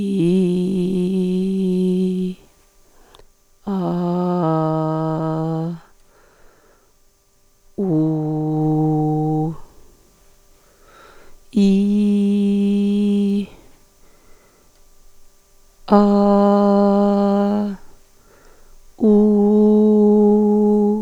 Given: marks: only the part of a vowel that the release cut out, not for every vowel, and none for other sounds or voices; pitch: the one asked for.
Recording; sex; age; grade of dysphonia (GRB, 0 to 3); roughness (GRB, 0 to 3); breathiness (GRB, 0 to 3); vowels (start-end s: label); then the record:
sustained vowels; female; 40 to 49 years; 2; 0; 2
0.00-1.85 s: vowel /i/, normal pitch
4.00-5.56 s: vowel /a/, normal pitch
7.93-9.39 s: vowel /u/, normal pitch
11.67-13.24 s: vowel /i/, high pitch
16.01-17.50 s: vowel /a/, high pitch
19.11-20.83 s: vowel /u/, high pitch
From the record:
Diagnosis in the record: hyperfunctional dysphonia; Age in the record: 47 years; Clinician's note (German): Zustand nach Ödemabtragung, organisch funktionell